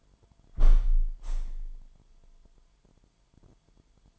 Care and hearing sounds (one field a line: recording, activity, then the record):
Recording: daily activity, microphone in the room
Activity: close window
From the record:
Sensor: 5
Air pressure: 998.2 hPa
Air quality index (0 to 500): 90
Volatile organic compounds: 2 ppm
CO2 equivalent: 1031 ppm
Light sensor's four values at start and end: 21/50/21/23 and 21/50/21/23